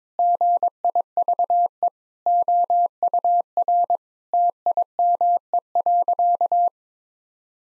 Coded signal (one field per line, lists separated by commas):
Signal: Morse code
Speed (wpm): 22 wpm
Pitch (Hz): 700 Hz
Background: none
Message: GIVE OUR TIME.